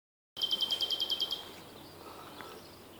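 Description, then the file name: Common nightingale song phrase: a quick run of about ten identical clipped notes, then quieter softer sounds fading out. Recorded at Nederweert-Kwegt on 4 May 2019 during a birding excursion. "Nachtegaal Nederweert-Kwegt 4-5-19"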